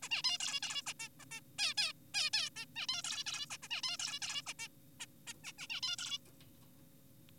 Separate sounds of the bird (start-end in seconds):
0.02-0.09, 0.11-0.22, 0.24-0.38, 0.40-0.60, 0.63-0.82, 0.87-0.94, 1.00-1.09, 1.20-1.25, 1.31-1.40, 1.59-1.74, 1.77-1.93, 2.14-2.30, 2.33-2.50, 2.56-2.65, 2.76-2.87, 2.89-3.02, 3.04-3.24, 3.26-3.46, 3.51-3.57, 3.63-3.68, 3.71-3.81, 3.83-3.97, 4.00-4.20, 4.22-4.42, 4.47-4.54, 4.59-4.68, 5.00-5.06, 5.27-5.33, 5.44-5.52, 5.58-5.67, 5.70-5.81, 5.83-5.96, 5.98-6.18